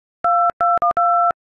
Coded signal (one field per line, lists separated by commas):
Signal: DTMF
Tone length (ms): 280 ms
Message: 2212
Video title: We will rock you (Queen) on Dial Pad.